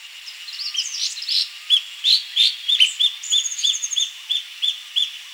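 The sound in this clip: Cutia giving short, punchy repeated notes at an uneven pace, mixed with a thin high whistle and some brief chattering.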